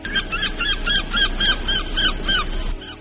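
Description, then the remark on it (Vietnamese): A bird on a boat, neck raised to the sky and wings spread, calls out in a rapid series of harsh, honking cries, about ten in quick rhythm, loud and insistent, with no talking, as a flock of seagulls circles the boat. “Nó ngẩng hẳn cổ lên trời, miệng lại kêu.”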